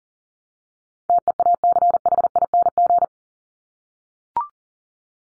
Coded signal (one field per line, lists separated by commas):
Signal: Morse code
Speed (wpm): 40 wpm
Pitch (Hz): 700 Hz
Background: none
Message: TEACHING